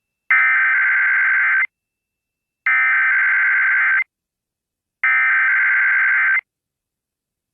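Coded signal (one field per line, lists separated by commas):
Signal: Emergency Alert System (SAME) tones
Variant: header bursts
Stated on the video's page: Required Weekly Test on a 92.3 MHz FM news station simulcasting AM, recorded via stream.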